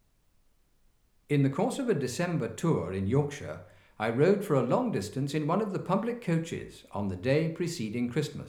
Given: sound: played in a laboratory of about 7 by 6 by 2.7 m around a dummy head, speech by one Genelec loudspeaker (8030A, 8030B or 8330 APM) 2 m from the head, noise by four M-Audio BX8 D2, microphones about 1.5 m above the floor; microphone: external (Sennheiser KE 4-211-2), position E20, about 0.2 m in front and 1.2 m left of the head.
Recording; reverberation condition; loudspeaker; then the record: male speech in English; medium; 90 degrees to the left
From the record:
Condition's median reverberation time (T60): about 510 ms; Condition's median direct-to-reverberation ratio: about -0.5 dB